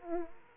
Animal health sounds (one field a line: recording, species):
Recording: mosquito wingbeat signal from an infrared sensor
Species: Aedes aegypti